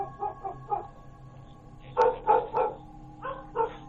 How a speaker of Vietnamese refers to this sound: Chợt có tiếng nhà hàng xóm, chó nó sủa lên inh ỏi, làm cho bác gái mới choàng tỉnh ngồi dậy.